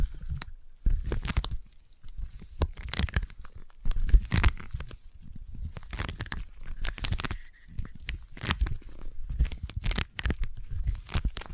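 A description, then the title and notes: Sticky tapping and peeling sounds, tacky pulls, crackles and soft thuds follow one another in quick irregular bursts. Each contact adds a dull low knock beneath a bright crinkly tearing edge, and there is no speech. ASMR Intense Sticky Tapping and Sticky Triggers (No Talking).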